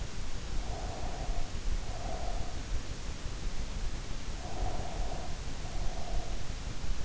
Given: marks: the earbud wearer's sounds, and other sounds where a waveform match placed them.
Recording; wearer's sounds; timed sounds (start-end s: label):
sounds in sleep by an in-ear microphone; breath
0.54-2.66 s: breath
4.44-6.39 s: breath